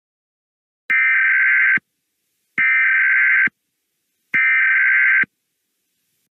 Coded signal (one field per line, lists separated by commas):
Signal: Emergency Alert System (SAME) tones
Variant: header bursts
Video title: EAS Scenario - Hot Jupiter: REMASTERED